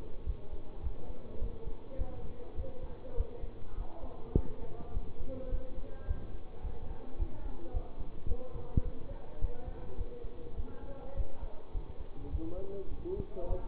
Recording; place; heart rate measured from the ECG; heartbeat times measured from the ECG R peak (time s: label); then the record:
heart sounds by stethoscope; between the tricuspid and mitral areas; 104 bpm
0.24 s: heartbeat
0.81 s: heartbeat
1.38 s: heartbeat
1.96 s: heartbeat
2.55 s: heartbeat
3.15 s: heartbeat
3.75 s: heartbeat
4.34 s: heartbeat
4.91 s: heartbeat
5.49 s: heartbeat
6.05 s: heartbeat
6.61 s: heartbeat
7.17 s: heartbeat
7.71 s: heartbeat
8.26 s: heartbeat
8.82 s: heartbeat
9.39 s: heartbeat
9.96 s: heartbeat
10.55 s: heartbeat
11.14 s: heartbeat
11.72 s: heartbeat
12.29 s: heartbeat
12.88 s: heartbeat
13.47 s: heartbeat
From the record:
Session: bicycle stress test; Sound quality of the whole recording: good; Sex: male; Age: 24 years